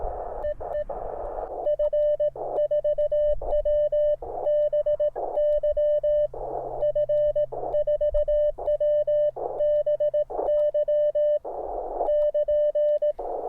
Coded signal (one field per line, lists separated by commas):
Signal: Morse code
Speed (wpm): 18 wpm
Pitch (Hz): 600 Hz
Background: radio noise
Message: EE F4WBY F4WBY <KN>